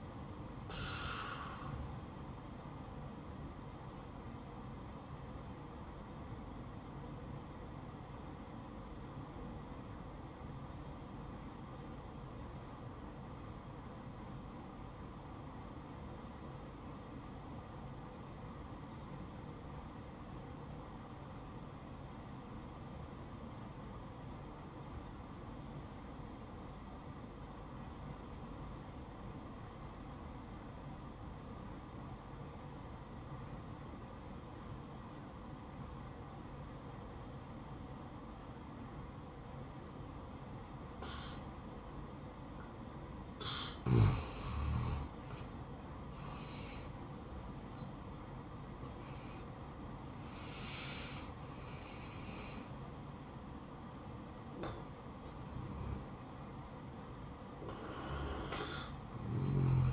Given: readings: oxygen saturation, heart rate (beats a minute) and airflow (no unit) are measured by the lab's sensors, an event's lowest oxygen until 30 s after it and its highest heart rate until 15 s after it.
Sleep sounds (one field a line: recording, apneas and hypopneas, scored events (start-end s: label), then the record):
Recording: breathing in sleep by a smartphone at the bedside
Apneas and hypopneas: 1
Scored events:
6.00-45.90 s: obstructive apnea (N1, oxygen 96% highest, then 84% lowest, heart rate 66 at the start, 73 highest)
9.00-39.00 s: new sleep stage, N2 (light sleep)
39.00-59.93 s: new sleep stage, N1 (lightest sleep)
From the record:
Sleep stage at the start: N1 (lightest sleep)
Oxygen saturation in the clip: 85 to 96%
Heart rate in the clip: 60 to 73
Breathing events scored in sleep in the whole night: 573 in 9.8 hours asleep